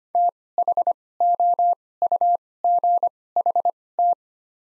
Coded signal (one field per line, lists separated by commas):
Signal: Morse code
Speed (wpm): 25 wpm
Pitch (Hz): 700 Hz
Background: none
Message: THOUGHT